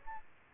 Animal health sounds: mosquito wingbeat signal from an infrared sensor; Aedes aegypti

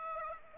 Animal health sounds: mosquito wingbeat signal from an infrared sensor; Aedes aegypti

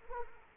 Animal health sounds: mosquito wingbeat signal from an infrared sensor; Culex quinquefasciatus

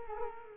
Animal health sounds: mosquito wingbeat signal from an infrared sensor; Culex quinquefasciatus

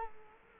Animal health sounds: mosquito wingbeat signal from an infrared sensor; Culex quinquefasciatus

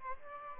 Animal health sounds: mosquito wingbeat signal from an infrared sensor; Aedes albopictus

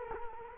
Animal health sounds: mosquito wingbeat signal from an infrared sensor; Culex quinquefasciatus

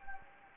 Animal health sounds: mosquito wingbeat signal from an infrared sensor; Anopheles gambiae

